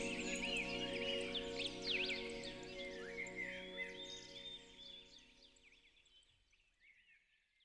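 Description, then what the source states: Bird song of rapid chirps and slurred whistles over soft music, both fading gradually to near silence by the end. Birdsong mixed with music.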